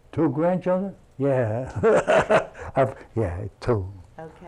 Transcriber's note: laughs